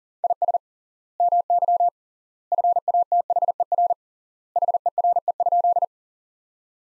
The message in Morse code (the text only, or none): IS MY FATHER HERE?